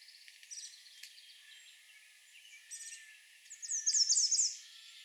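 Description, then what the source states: American redstart song: brief bursts of thin, high notes, then a quick run of sharp, accented notes near the end, over a soft hiss. Recorded on 20 June 2020.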